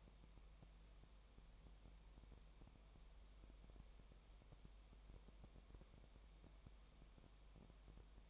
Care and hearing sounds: daily activity, microphone in the room; no activity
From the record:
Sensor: 1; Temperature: 19.4 degrees Celsius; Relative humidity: 35.7%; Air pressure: 1003.3 hPa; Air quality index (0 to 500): 113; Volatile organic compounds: 2 ppm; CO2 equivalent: 1260 ppm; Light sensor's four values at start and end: 1/2/1/1 and 1/2/1/1

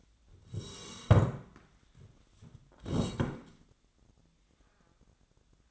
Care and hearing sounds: daily activity, microphone in the room; sit down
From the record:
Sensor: 3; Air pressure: 1012.3 hPa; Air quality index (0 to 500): 175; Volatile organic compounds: 3 ppm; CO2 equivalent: 1340 ppm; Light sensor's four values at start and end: 92/207/100/112 and 104/228/110/123

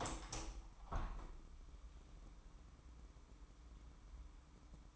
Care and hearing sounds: daily activity, microphone in the room; open window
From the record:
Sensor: 1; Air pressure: 998.0 hPa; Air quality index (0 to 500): 135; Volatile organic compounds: 4 ppm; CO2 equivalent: 1617 ppm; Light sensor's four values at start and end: 17/56/22/23 and 17/55/22/23

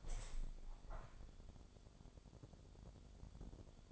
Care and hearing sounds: daily activity, microphone in the room; open window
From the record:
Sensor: 5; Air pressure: 1006.8 hPa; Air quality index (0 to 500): 189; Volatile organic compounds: 5 ppm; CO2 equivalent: 1802 ppm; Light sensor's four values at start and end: 57/162/63/64 and 57/162/63/64

